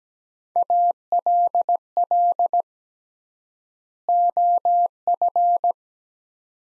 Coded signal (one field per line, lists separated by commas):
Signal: Morse code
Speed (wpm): 17 wpm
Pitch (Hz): 700 Hz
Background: none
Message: ALL OF